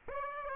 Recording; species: mosquito wingbeat signal from an infrared sensor; Aedes aegypti